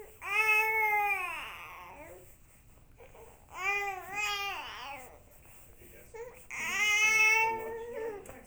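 Three rising-and-falling wails from an infant, each lasting one to two seconds, with high-pitched tonal voicing and soft fussing between them. An ordinary crying pattern in a small room.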